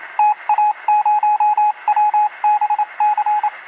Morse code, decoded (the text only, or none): TA0WBC